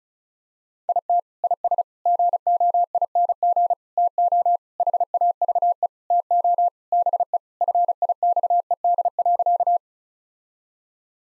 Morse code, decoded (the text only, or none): IT IS GOING TO HAVE TO BE FIXED.